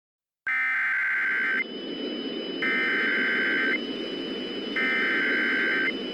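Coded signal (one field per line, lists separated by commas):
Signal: Emergency Alert System (SAME) tones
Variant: header bursts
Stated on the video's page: Fictional mini EAS scenario about extreme heat and cold, not a real alert.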